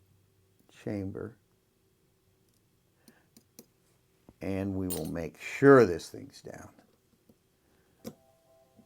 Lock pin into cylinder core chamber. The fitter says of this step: Hear that click?